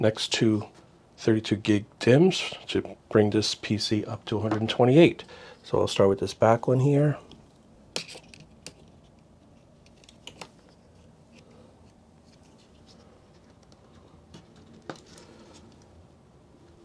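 Someone talks for the first seven seconds, then a 32 GB DDR5 memory module is handled at the back motherboard DIMM slot, with sharp ticks near 8.0, 8.7 and 10.3 seconds and faint handling noise after. Nothing has seated or clicked yet; the clip ends just before the module is pressed home.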